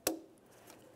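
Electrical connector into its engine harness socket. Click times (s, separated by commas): 0.1 s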